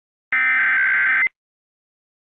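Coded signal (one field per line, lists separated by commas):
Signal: Emergency Alert System (SAME) tones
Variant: header bursts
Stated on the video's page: EAS scenario, a fictional alert.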